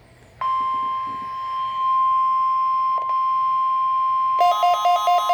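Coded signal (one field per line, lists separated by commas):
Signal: Emergency Alert System (SAME) tones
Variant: 1050 Hz attention tone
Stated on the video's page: Required weekly test received on a WR120 weather radio.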